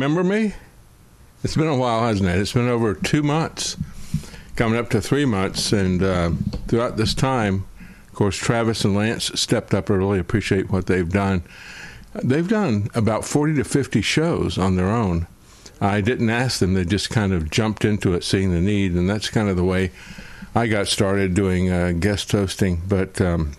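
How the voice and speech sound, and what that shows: Fluent adult male monologue, mildly slurred, nasal and drawn out in places, with some drawl and slurping: mild dysarthria after a stroke during carotid artery surgery that damaged the vocal cords and the hypoglossal nerve controlling the tongue, two months into recovery with speech therapy.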